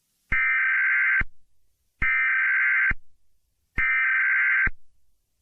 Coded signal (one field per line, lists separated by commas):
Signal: Emergency Alert System (SAME) tones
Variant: header bursts